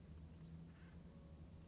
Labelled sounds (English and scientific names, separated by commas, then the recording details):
Acorn Woodpecker (Melanerpes formicivorus)
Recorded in Sonoma County, California